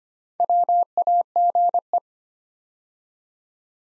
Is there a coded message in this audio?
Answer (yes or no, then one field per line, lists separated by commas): yes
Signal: Morse code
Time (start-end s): 0.4-2.0 s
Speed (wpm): 25 wpm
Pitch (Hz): 700 Hz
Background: none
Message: WAGE